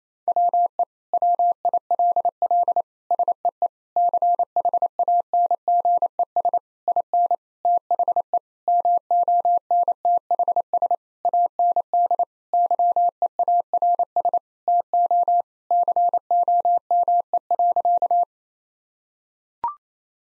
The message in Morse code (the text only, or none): WE WILL SEE CHANGES IN THE MONTHS AND YEARS TO COME.